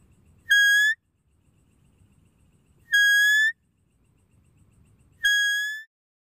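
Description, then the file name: A deer gives three whistles, each level and rising slightly at the end, spaced around two and a half seconds apart. "Tieng con nai keu"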